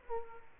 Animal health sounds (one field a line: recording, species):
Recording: mosquito wingbeat signal from an infrared sensor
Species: Aedes aegypti